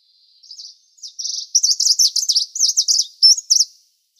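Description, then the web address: Green warbler song: a fast, high, sweet jumble of short warbled notes, starting hesitantly and then running together in a lively phrase of about three seconds. "Schulze Peter Green Warbler song"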